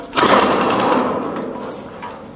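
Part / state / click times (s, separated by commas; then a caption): roof bridging locator prongs into purlin holes / not seated / none. A steel intermediate roof bridging piece is handled as its locator prongs are slotted toward the two holes in the next roof purlin, producing a broad scraping, rattling noise that starts at about 0.2 s and slowly fades over the rest of the clip. Nothing has seated or clicked yet.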